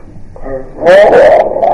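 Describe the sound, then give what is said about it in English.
A dog that has been sick vocalizes with a low, moaning groan that swells into a louder, wavering, drawn-out whine-like howl lasting about a second, with no words spoken. “it's completely obvious that Ben is a dog, right? It's not a baby, not a visitor from next door. Dog.”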